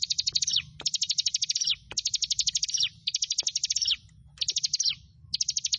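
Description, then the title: Prinia giving rapid, high, pulsing trill phrases, about one a second, each ending in a slight downward slur. "Ciblek Sawah"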